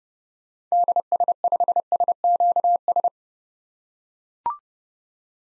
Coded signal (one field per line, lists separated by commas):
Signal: Morse code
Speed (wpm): 30 wpm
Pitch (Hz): 700 Hz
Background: none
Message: DS5SQS